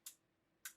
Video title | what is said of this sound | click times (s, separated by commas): H8 Headphones: The BEST Studio Headphones for Under $50? (Unboxing & Review) | there is a sort of Ratchet there it clicks into place | 0.1 s, 0.7 s